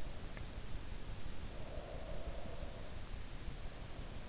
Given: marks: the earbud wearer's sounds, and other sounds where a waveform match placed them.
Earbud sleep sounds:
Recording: sounds in sleep by an in-ear microphone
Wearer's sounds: breath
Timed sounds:
1.36-3.01 s: breath

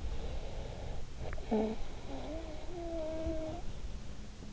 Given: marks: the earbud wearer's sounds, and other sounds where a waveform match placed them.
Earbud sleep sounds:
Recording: sounds in sleep by an in-ear microphone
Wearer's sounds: snoring breath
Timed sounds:
0.36-4.37 s: snoring breath

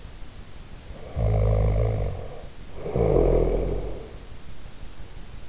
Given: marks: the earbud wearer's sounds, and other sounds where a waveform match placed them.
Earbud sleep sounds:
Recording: sounds in sleep by an in-ear microphone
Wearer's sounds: snoring breath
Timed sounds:
0.82-4.28 s: snoring breath

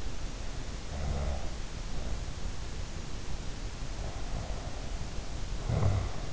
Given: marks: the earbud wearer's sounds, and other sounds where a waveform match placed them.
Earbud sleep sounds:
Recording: sounds in sleep by an in-ear microphone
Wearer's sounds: snoring breath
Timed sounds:
0.60-2.44 s: snoring breath
3.90-6.33 s: snoring breath

